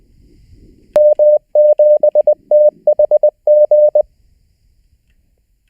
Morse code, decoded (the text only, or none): M7THG